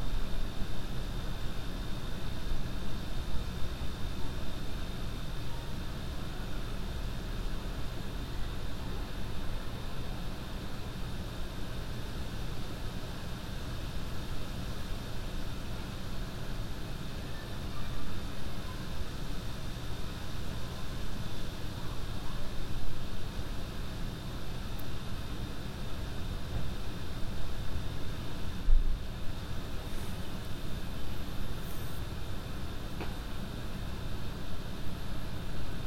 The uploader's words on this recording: A stereo recording of sitting in a backyard, Boulder, CO.